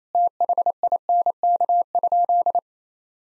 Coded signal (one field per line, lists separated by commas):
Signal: Morse code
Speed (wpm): 28 wpm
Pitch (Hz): 700 Hz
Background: none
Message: THINK?